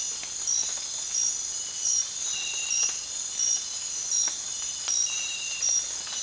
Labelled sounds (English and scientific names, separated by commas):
none